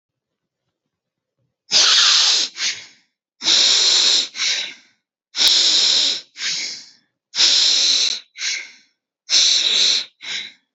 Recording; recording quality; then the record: deep breathing; excellent, no background noise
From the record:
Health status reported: healthy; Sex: male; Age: 30 years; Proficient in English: yes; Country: India